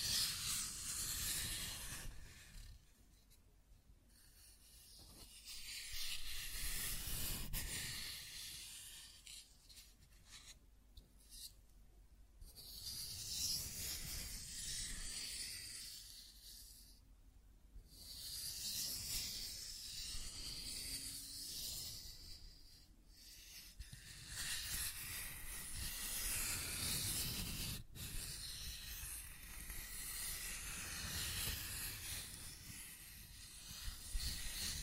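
Scratching and tracing sounds: a rough, hissy scraping that rises and falls in long strokes, with quieter gaps near 4, 11, 17 and 23 seconds. The rubbing is bright and airy, with a low rumble under the louder passages and a sharp tick near 28 seconds.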